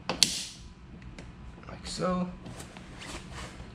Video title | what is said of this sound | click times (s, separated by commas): Clear Side Marker's For The GR86/BRZ | it's good that you hear the clicking noise once it's fully in | 0.1 s, 0.2 s